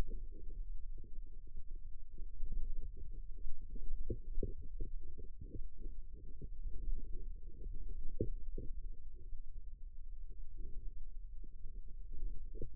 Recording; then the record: forearm muscle sounds (acoustic myography)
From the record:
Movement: inward rotation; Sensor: system 2, bracelet of six BSWA MPA416 microphones around the upper forearm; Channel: 6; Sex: female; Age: 22 years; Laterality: right